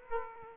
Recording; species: mosquito wingbeat signal from an infrared sensor; Aedes aegypti